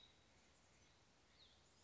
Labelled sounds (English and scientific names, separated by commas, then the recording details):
Cassin's Vireo (Vireo cassinii)
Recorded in Sonoma County, California